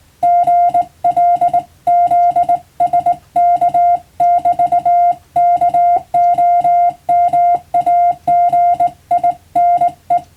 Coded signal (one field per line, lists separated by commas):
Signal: Morse code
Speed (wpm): 19 wpm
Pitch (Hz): 700 Hz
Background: music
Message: GLZSK <BT> KOMAGINE